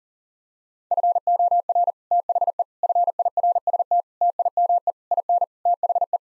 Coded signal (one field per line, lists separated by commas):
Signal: Morse code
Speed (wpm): 40 wpm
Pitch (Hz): 700 Hz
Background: none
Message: FOR THE FIRST TIME IN THE